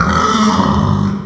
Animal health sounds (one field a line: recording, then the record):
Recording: squeal of a Yucatan mini pig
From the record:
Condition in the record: after surgery on the right vocal fold (resection and tissue-engineered implant)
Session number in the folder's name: 15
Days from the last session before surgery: 175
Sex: female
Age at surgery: 19 weeks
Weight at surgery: 25 kg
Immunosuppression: prednisolone